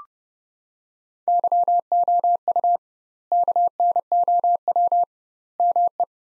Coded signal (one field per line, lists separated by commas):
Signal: Morse code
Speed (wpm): 32 wpm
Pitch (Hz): 700 Hz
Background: none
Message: YOU KNOW ME